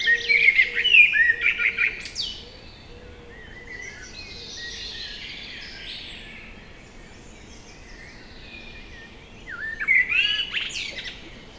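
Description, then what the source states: Common blackbird singing a warbled whistled phrase with a squeaky twittering end, then a pause and a second similar phrase near the close, with faint high chirping from other birds. Evening chorus at Lac de Barterand, Magnieu, France; blackbird singing trills from a tree by the lake; recorded with Sennheiser MKH8040 ORTF stereo microphones and a Zoom F8.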